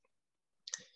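On an R129 convertible top, the retaining clip on a hydraulic line fitting is pushed into the hydraulic cylinder block once the wider part of the fitting sits below the level of the block. After near silence, two sharp clicks come in quick succession at about 0.7 s, and the clip is seated.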